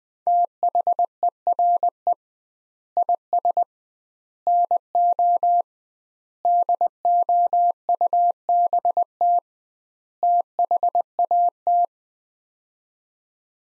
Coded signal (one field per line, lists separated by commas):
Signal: Morse code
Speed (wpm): 21 wpm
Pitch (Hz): 700 Hz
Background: none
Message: THERE IS NO DOUBT THAT